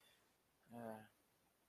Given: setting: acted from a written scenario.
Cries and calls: vocal sound without words; shame

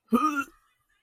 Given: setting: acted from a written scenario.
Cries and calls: vocal sound without words; disgust

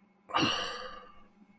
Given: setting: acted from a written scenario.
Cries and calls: vocal sound without words; shame

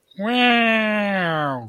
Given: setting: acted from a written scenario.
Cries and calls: vocal sound without words; adoration

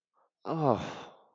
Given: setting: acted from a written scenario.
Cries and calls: vocal sound without words; disappointment

